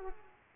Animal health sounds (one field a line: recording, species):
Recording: mosquito wingbeat signal from an infrared sensor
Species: Culex pipiens